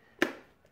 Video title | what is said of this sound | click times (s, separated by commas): Shark Cordless Pet Perfect II Vacuum | now I'm really digging this you just put it in like that okay snaps | 0.2 s